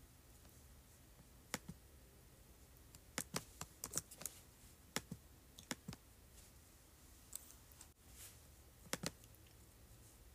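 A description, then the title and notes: Scattered sharp clicks from a keyboard and mouse, arriving in uneven bursts: a single tap near the start, a cluster of quick clicks in the middle, and a few more toward the end. Between them a low, steady hum fills the quiet. Clicking, Scrolling, and Typing on Keyboard.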